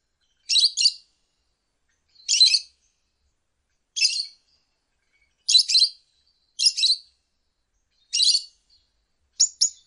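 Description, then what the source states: Lovebird chirps: seven short, harsh double-noted squeaks given at fairly regular intervals. Ngekek song style of a lovebird, used as a bait song (kicau pancingan) to prompt other lovebirds to sing.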